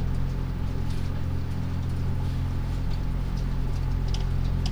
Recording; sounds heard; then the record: poultry house recording; no chicken sound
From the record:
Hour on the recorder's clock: 2